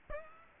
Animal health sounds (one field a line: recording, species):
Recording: mosquito wingbeat signal from an infrared sensor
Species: Aedes aegypti